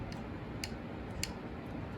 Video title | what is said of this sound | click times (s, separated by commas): boker kihon | it clicks over because it doesn't lock in all the way and so you hear a | 0.6 s, 1.2 s